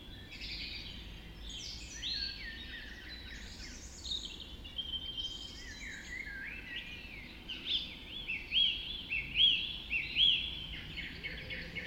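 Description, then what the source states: Dawn chorus of birds, assorted songs and whistles, later joined by a louder bird repeating short whistled notes. Dawn chorus just after dawn in the Forest of Dean.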